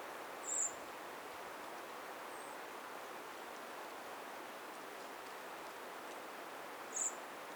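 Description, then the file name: Eurasian blackbird with two short, sharp, very high-pitched notes about six seconds apart, set against a broad constant background hiss. "Turdus merula"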